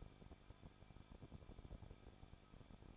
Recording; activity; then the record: daily activity, microphone in the room; no activity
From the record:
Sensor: 5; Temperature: 20.8 degrees Celsius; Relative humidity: 38.3%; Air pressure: 1006.5 hPa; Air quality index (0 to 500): 190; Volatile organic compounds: 20 ppm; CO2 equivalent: 2679 ppm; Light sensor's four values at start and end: 2/3/1/1 and 2/3/1/1